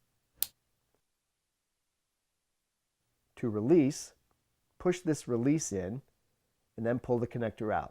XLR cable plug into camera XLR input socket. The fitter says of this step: and push in until it clicks